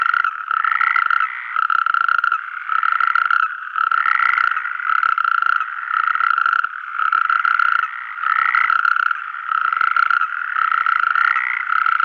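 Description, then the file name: Natterjack toads rattling steadily in chorus, harsh pulsed croaks coming in repeated bursts with brief breaks, several calls overlapping at once. "crapaud calamite"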